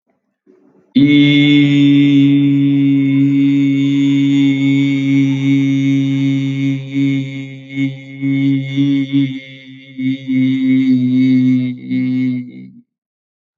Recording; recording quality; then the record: sustained vowel as in beet; excellent, no background noise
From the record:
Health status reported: healthy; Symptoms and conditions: none ticked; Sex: male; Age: 25 years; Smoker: not ticked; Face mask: not worn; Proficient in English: yes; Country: India